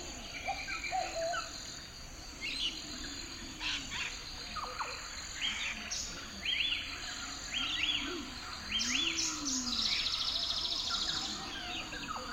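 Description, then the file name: Bird calls: scattered sharp chirps and short buzzy notes, with low rising-falling hoots beneath and a steady high hiss throughout. Bird flutter in the forest. "Bird Flutter in the Forrest"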